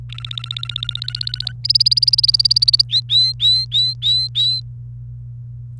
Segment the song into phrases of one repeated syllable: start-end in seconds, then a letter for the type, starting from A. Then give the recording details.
0.09-1.52 A, 1.64-2.82 B, 2.89-4.60 C. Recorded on 28 April 2018 at 10:55. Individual llb3